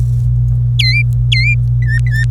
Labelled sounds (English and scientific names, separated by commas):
Domestic Canary (Serinus canaria) song